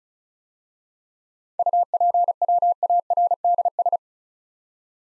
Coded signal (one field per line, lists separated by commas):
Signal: Morse code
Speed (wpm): 36 wpm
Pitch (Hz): 700 Hz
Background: none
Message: UPWARDS